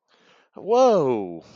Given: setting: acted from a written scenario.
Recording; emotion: vocal sound without words; elation